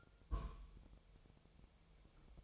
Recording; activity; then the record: daily activity, microphone in the room; place on stove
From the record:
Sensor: 1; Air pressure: 999.4 hPa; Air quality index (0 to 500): 203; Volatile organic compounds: 44 ppm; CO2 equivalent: 3212 ppm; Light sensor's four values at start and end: 9/22/8/9 and 9/22/8/9